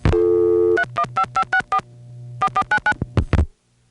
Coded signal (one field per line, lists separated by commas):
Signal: DTMF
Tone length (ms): 80 ms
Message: 315564 4499